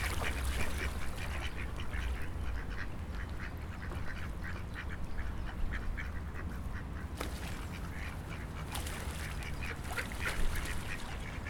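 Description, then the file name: Ducks giving repeated short nasal quacks, several birds overlapping, over a constant low rumbling background. Recorded near the Seine. "freesound Ducks and a Siren near the Seine"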